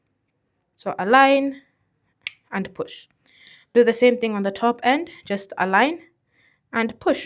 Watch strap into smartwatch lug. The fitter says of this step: So you're going to go ahead and align it and then push in until you hear a clicking sound.